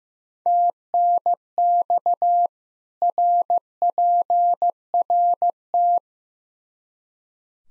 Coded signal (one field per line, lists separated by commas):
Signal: Morse code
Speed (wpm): 15 wpm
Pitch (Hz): 700 Hz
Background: none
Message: TNX RPRT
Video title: Practice QSO - Exchange 2- Info - 15wpm